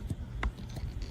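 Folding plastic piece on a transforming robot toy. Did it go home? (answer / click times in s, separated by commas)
no / none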